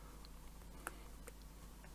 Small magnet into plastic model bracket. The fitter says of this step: click it into place